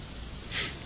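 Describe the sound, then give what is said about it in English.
Steady, soft rain hisses throughout, with a brief breathy swell of brighter noise rising and fading midway through. No one speaks. “It's still raining, Sim. You can't fly kites on rainy days”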